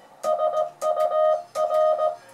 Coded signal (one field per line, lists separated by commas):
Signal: Morse code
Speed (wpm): 17 wpm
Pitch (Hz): 620 Hz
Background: music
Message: SUR